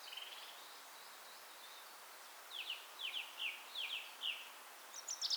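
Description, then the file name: Common chaffinch song phrases: soft, repeated downward-sweeping notes in a short run, with a brief burst of higher notes at the end, over a steady background hiss. "Fringilla coelebs"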